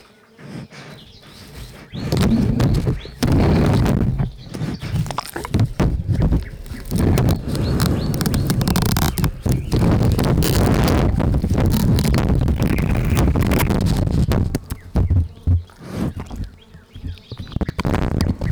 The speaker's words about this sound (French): Donc, il a tiré la bonnette du micro et je vois que la bonnette a été mordue. Et donc, après, j'ai pu écouter l'enregistrement où on entend effectivement vraiment la gueule de l'ours mordre la bonnette.